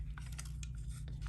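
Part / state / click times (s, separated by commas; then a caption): plastic grip attachment into a toy transformation device / not seated / none. A plastic grip attachment is pushed onto a toy transformation belt, giving a few short plastic taps and scrapes over a steady low hum. Nothing clicks or seats: the grip does not clip in completely because it is supposed to go up to lock in, so it stays stuck.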